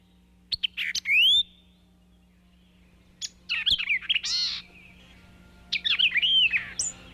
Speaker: Here's one example of the amazing sounds produced by the white-eyed vireo.